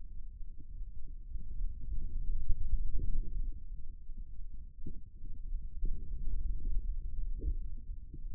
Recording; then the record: forearm muscle sounds (acoustic myography)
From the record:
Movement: finger pinch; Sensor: system 2, bracelet of six BSWA MPA416 microphones around the upper forearm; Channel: 3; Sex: male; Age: 22 years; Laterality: right